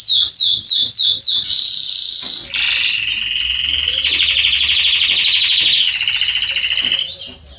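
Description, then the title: Belgian canary singing a few quick descending notes, then a long bright buzzing trill and lower rolling phrases that shift pitch between sections. Male Belgian canary singing a lot, meant to warm up and train young canaries. "Canary Training Esquente Seu Filhote E Canario Belga Em 30 Minutos Macho Cantando Muito. CANTO DO CANRIO"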